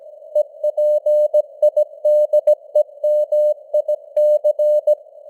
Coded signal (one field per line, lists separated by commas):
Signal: Morse code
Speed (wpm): 17 wpm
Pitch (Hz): 600 Hz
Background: none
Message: EPIDEMIC